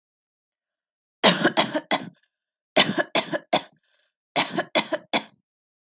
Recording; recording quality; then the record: shallow voluntary cough; excellent, no background noise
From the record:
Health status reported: healthy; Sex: female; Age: 22 years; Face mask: not worn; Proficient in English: yes